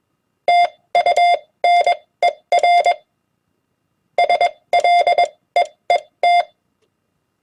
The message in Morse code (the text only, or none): TUNER SLEET